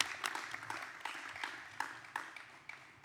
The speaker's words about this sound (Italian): Guarda, merita un applauso veramente questo intervento.